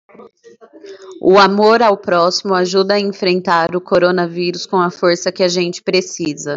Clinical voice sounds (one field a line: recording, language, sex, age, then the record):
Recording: spoken sentence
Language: Brazilian Portuguese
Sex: female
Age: 20 to 29 years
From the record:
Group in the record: control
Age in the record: 28 years